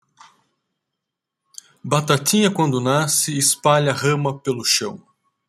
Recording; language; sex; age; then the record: short text; Brazilian Portuguese; male; 40 to 49 years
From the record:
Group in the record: control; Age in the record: 40 years